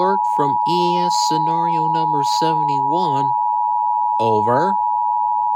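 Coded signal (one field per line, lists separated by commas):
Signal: Emergency Alert System (SAME) tones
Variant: 853 and 960 Hz attention tone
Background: speech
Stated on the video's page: Fictional animated EAS scenarios.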